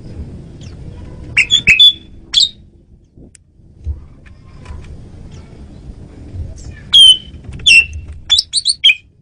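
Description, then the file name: Asian pied starling uttering a few bright chirps early on, a long quiet stretch with low rumble, then a quick cluster of whistled squeaky notes near the end. Female bird, used as a lure bird. "jalak suren betina pemikat"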